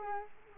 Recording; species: mosquito wingbeat signal from an infrared sensor; Culex quinquefasciatus